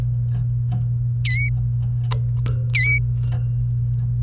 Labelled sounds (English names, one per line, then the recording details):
Domestic Canary song
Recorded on 28 April 2018 at 07:40
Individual llb3